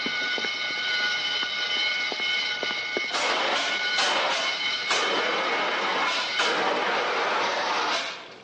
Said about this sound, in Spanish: Se encendió la grasa. ¿La grasa? Parecía una explosión en un pozo petrolero.